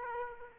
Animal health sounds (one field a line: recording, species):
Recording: mosquito wingbeat signal from an infrared sensor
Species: Aedes aegypti